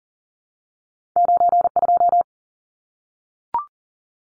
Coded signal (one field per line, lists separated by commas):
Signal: Morse code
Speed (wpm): 40 wpm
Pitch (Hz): 700 Hz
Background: none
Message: 92